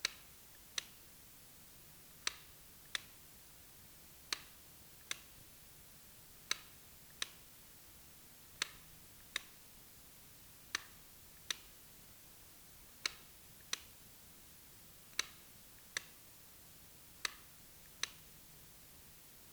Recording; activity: daily activity, guitar pickup as the sensor; operate light